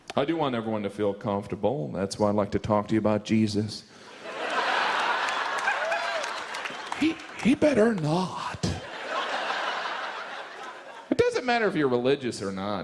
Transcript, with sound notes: I do want everyone to feel comfortable. That's why I'd like to talk to you about Jesus.
(LAUGHTER)
He better not. It doesn't matter if you're religious or not.